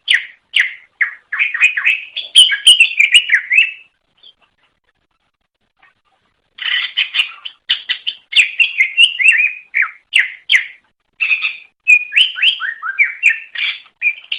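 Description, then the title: Leafbird delivering dense, chattering whistled song in two long bursts separated by a pause of about three seconds. Bird from Banyuwangi singing loudly and continuously (gacor ngeplong); used to train other birds; national champion bird. "mster Mnuk. Suara Cucak Ijo Banyuwangi Gacor Ngeplong Master. Masteran Cucak Ijo Juara Nasional"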